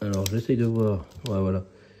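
A small plastic left-exhaust part for a scale model of the KITT car is handled and pressed toward the model car body while someone talks. Only speech and faint handling noise are heard, and nothing has seated or clicked yet.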